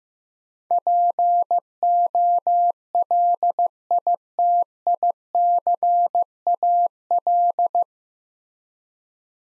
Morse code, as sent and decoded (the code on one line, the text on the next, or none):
.--. --- .-.. .. - .. -.-. .- .-..
POLITICAL